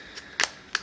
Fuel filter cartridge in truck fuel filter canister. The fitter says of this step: goes to the bottom that's the hole snaps back into place